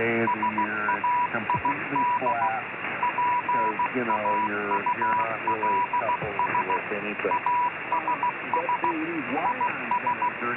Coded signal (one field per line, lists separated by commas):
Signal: Morse code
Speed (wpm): 15 wpm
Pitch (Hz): 980 Hz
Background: speech, radio noise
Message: SAID PAULS ASS IS